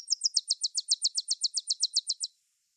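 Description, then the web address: Tennessee warbler song ending: a rapid, steady series of high, loud, slurred notes, then silence. "Schulze Peter Tennessee Warbler song"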